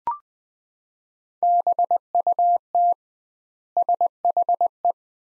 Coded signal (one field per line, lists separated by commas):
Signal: Morse code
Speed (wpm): 20 wpm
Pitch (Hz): 700 Hz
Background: none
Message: BUT SHE